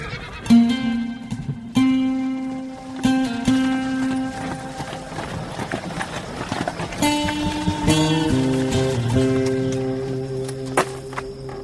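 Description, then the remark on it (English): Horses whinny and neigh at a stagecoach relay station around midnight, in long, wavering calls that rise and fall in pitch, with hooves clip-clopping underneath and a louder burst of whinnying in the second half. No one speaks. “Around midnight, we pulled into the relay station to grease the wheels and feed the horses.”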